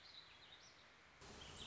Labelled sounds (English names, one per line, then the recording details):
Warbling Vireo
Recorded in Sonoma County, California